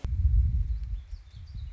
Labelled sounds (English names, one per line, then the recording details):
Warbling Vireo
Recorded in Sonoma County, California